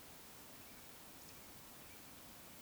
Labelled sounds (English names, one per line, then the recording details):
Eurasian Woodcock whistle
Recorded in Baden-Württemberg, Germany, on 23 June 2020 at 20:08 UTC
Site 43741, 675 m above sea level